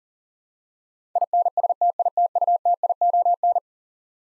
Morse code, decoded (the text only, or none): INSTITUTION